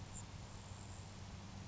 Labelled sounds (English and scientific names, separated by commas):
Grasshopper Sparrow (Ammodramus savannarum)